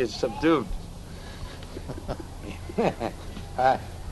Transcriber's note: chuckles